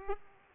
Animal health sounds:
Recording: mosquito wingbeat signal from an infrared sensor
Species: Aedes aegypti

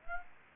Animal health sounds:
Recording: mosquito wingbeat signal from an infrared sensor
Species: Aedes aegypti

